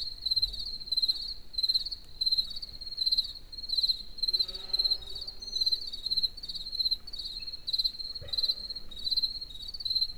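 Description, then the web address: Bright cricket chirps repeat rhythmically, with a faint brief tonal sound in the middle. Crickets in a forest in the evening near Egerturistaház. "tucsok. erdoben estavolbanugatokutyak egerturistahaz"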